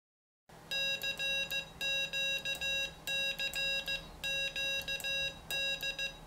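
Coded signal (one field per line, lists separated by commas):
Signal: Morse code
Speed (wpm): 15 wpm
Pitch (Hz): 2750 Hz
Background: none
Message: CQ CQ D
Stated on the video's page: Morse sent with a homemade CW keyer kit built for CW learning.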